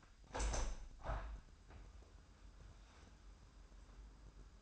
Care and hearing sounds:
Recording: daily activity, microphone in the room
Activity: open window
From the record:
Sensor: 2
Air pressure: 998.4 hPa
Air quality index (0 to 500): 133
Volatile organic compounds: 3 ppm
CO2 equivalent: 1505 ppm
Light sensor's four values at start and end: 6/15/6/7 and 7/16/6/7

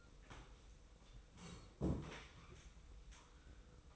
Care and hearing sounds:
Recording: daily activity, microphone in the room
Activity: sit down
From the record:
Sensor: 1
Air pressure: 990.5 hPa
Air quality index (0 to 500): 153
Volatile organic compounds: 1000 ppm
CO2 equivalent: 5535 ppm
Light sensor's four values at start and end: 32/73/31/34 and 32/74/32/34

